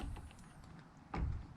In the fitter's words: it does have a click so it does lock into place which the Bryton doesn't have.